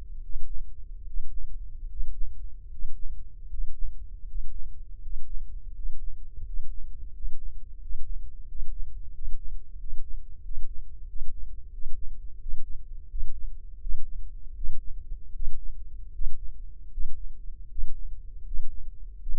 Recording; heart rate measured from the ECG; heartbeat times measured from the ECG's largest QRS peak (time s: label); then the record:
heart sounds by microphone in the left ear; 82 bpm
0.20 s: heartbeat
1.03 s: heartbeat
1.86 s: heartbeat
2.67 s: heartbeat
3.46 s: heartbeat
4.23 s: heartbeat
4.98 s: heartbeat
5.71 s: heartbeat
6.42 s: heartbeat
7.11 s: heartbeat
7.78 s: heartbeat
8.45 s: heartbeat
9.11 s: heartbeat
9.77 s: heartbeat
10.42 s: heartbeat
11.06 s: heartbeat
11.71 s: heartbeat
12.39 s: heartbeat
13.08 s: heartbeat
13.80 s: heartbeat
14.55 s: heartbeat
15.33 s: heartbeat
16.12 s: heartbeat
16.91 s: heartbeat
17.69 s: heartbeat
18.45 s: heartbeat
19.20 s: heartbeat
From the record:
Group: healthy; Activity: breath hold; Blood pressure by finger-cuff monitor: 122/84 mmHg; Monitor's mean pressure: 96 mmHg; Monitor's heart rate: 78 bpm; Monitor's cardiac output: 5 L/min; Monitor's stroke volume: 63 mL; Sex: male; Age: 35 years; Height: 178 cm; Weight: 64 kg